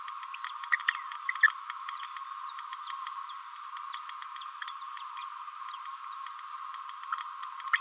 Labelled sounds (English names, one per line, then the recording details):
Green-rumped Parrotlet babbling
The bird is a female
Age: 29 days
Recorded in a nest box in Venezuela
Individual 17B31A3